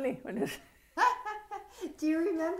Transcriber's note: laughs